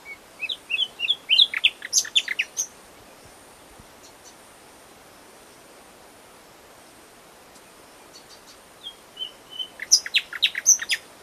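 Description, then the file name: Common nightingale song: a burst of varied sharp notes and trills, a long quiet gap, then another rapid phrase. "Luscinia megarhynchos"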